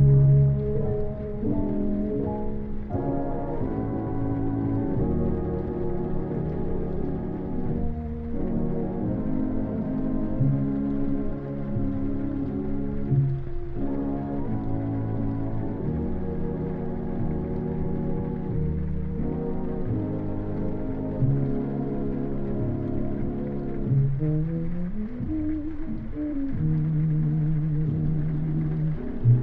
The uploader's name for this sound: Oldies music playing in another room and it's raining